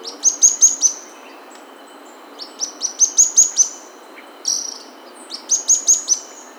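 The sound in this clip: Bird calls in short bursts of sharp, high chirps, with short pauses between bursts and faint hiss throughout.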